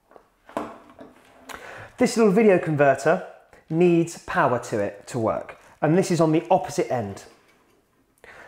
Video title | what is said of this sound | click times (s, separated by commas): 4K Bird Box Camera - How to Set Up for HD TV Viewing | pushing it on and twisting it till it clicks into place | 0.6 s